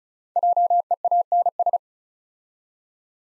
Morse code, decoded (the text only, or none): JEANS